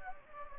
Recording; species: mosquito wingbeat signal from an infrared sensor; Anopheles gambiae